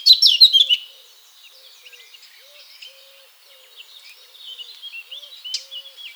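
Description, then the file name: Eurasian blackcap song: a loud, quick burst of high warbled notes, then softer, scratchy twittering, with faint low hoot-like notes repeating underneath. "Sylvia atricapilla"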